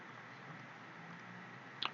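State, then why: Seated. During reassembly of an LG X Power 2 smartphone, a plastic internal cover or bracket is pressed down over the internals onto the phone frame. After a steady low hiss, a short sharp snap at 1.9 seconds marks the cover seating into place.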